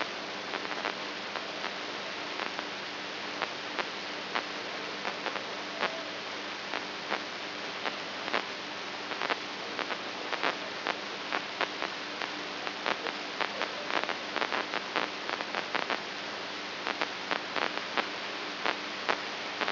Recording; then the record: brain microelectrode recording played as sound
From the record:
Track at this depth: inside the subthalamic nucleus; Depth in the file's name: 5.312 mm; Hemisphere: right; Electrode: 2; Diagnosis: Parkinson's disease